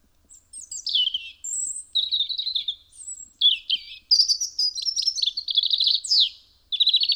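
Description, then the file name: European robin song, nearly continuous tinkling high notes mixing thin drawn whistles with quick warbled trills, short pauses between phrases. "Erithacus rubecula"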